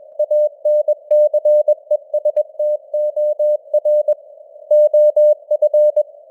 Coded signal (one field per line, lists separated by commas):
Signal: Morse code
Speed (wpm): 21 wpm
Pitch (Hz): 600 Hz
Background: none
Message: ANCESTOR OF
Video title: Morse Code News | 2026-01-08 | 21wpm